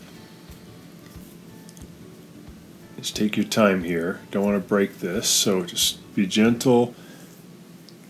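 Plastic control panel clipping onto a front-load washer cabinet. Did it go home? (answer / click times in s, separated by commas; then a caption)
no / none. A plastic control panel is being clipped onto a front-load washer cabinet: its bottom is seated first and it is worked gently into position before the top is pushed home. Light handling taps are heard near 1.7–1.8 s and again around 7.9 s, while someone talks from about 3 to 7 seconds. Nothing has clicked or seated yet, and the panel is only lined up.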